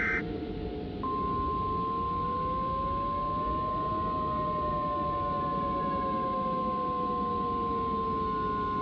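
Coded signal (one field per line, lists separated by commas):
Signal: Emergency Alert System (SAME) tones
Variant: 1050 Hz attention tone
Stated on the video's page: Fake, hypothetical EAS scenario of a severe storm in the New York City metro area.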